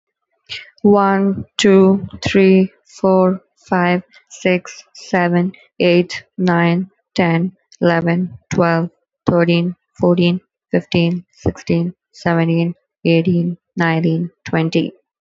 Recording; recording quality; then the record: counting at a normal pace; excellent, no background noise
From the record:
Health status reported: healthy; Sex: female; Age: 21 years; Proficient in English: yes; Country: India